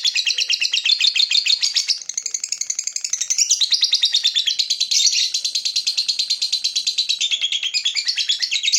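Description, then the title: Lovebird in sustained fast chattering song, a dense stream of buzzy, squeaky twitters and rattles with brief shifts in pitch. Lovebird whose singing style is described as looking very clever at memancing, baiting other birds into singing. "Dari Gayanya Lovebird Ini Terlihat Pintar Sekali Memancing"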